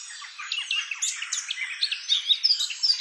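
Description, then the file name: Eurasian blackcap song: a hurried, continuous warble of twittering and scratchy notes, with sharp clear whistles toward the close. "Sylvia atricapilla"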